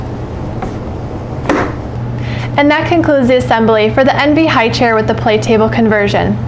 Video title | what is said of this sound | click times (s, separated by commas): Assembly of 00938 00939 Badger Basket Envee Highchair with Playtable Conversion | hook it in on one side pop it down and make sure that it clicks into place on both sides | 0.6 s, 1.5 s